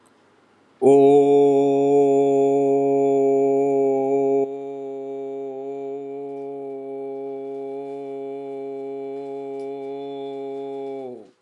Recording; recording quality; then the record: sustained vowel as in boot; excellent, no background noise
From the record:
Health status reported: healthy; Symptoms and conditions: hypertension, diabetes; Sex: male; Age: 46 years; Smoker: not ticked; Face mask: not worn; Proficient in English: yes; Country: India